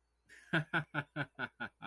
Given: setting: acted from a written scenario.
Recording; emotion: vocal sound without words; amusement